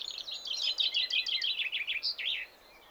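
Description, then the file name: Common chaffinch song: a rapid series of bright notes ending in a distinct flourish, over soft background hiss. "Fringilla coelebs"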